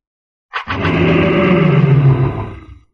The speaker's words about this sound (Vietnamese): Hàn Lập lại lần nữa hóa thành thân kim mao cự viên, gầm lên mãnh liệt